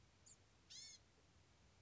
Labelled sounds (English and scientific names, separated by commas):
Blue-gray Gnatcatcher (Polioptila caerulea)